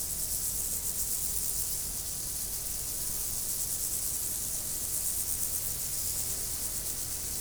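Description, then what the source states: Insects sustain a dense, hissing high-frequency chorus with no gaps, above a faint low rumble. Insects in nature, 2014.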